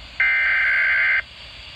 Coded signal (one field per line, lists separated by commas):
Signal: Emergency Alert System (SAME) tones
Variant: header bursts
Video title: TORNADO WARNINGS - HEADER PLUS 1050HZ TONE (EAS #78)